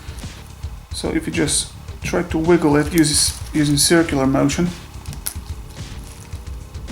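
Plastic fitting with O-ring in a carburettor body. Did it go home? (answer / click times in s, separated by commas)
released / 5.3 s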